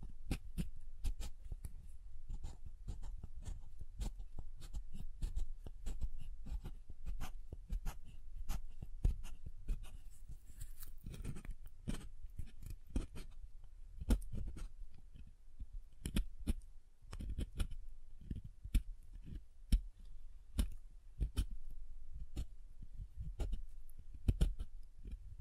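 Soft, hard soap being tapped and carved, with a dense run of quick, sharp clicks and scrapes throughout. The taps come irregularly, several per second, over a low dull thud beneath them, with a few louder knocks around the middle and near the end.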